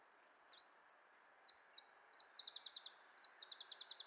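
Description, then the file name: Iberian chiffchaff song: separate high notes that speed up into a quick trill, heard twice, over a faint steady hiss. "iberischer zilpzalp"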